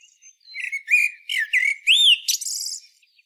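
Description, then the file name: Common blackbird song: several mellow whistled notes, a clear arched whistle, then a high, rattling, scratchy twitter to finish. "Turdus merula"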